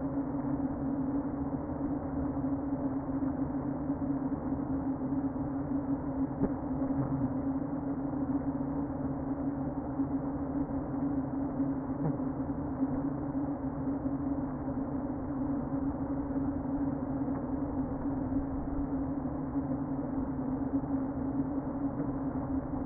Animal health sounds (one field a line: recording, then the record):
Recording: honeybee colony, microphone inside the hive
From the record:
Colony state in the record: queen present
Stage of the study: before two queens were removed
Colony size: about 60,000 bees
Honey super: yes